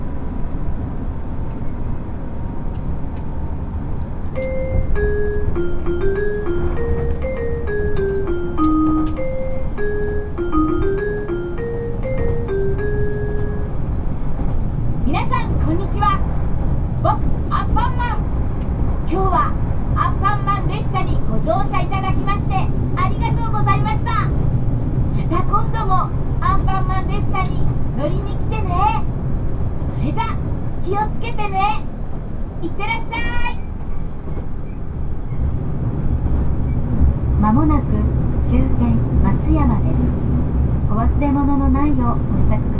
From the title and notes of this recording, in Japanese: 鉄道旅 予讃線特急いしづち101号 今治→松山。列車はアンパンマン編成の5両で4両が自由席になります。意外と学生が通学で利用するので混雑しています。停車駅は伊予北条のみで35分くらいノンストップになります。